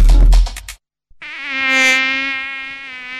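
A short burst of noisy sound and a brief silence give way to the steady, high-pitched whining buzz of a dengue-transmitting mosquito that swells slightly in loudness and holds its pitch to the end.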